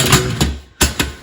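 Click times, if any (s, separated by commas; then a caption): 0.8 s. A floor register cover is pressed into a vent cutout made in new vinyl plank flooring, producing a few short knocks near 0.4 s and 1.0 s. The loudest sharp click at 0.8 s marks the cover seating in the cutout.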